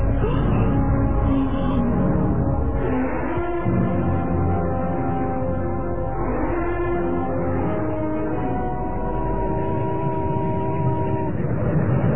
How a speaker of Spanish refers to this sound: El triste ulular de las sirenas de las barcazas se confundía con el murmullo de las olas al estrellarse contra las embarcaciones ancladas.